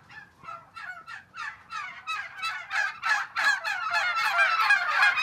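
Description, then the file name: Turkey gobbles in a fast series of rattling bursts, growing louder and closer together until they merge into a continuous bubbling chatter. Eastern Switzerland, 26 November 2020. "201126 Truthahn Ostschweiz"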